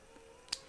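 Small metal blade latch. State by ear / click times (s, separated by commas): seated / 0.5 s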